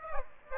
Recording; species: mosquito wingbeat signal from an infrared sensor; Aedes aegypti